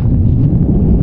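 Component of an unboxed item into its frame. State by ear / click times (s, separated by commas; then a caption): not seated / none. A component of an unboxed item is being fitted into its frame during assembly. Only a steady low rumble of handling and background noise is heard, with no sharp hit. Nothing has seated or clicked yet.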